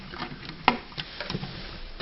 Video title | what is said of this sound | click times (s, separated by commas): LG Refrig FUSE Repair Part2 | lined up so just push it clicks lips top | 0.7 s